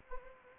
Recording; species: mosquito wingbeat signal from an infrared sensor; Anopheles arabiensis